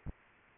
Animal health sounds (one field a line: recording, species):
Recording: mosquito wingbeat signal from an infrared sensor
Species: Aedes aegypti